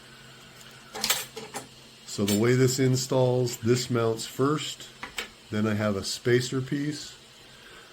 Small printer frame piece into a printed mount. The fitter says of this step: uh we'll go over here and basically they snap in place once they snap in place they won't fall out